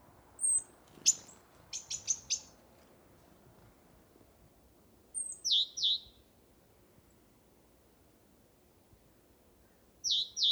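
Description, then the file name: Great tit calls: high thin notes, a short burst of clicky ticks, then pairs of downslurred notes twice later, over quiet background hiss. "Parus major"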